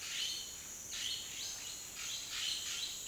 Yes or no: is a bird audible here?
yes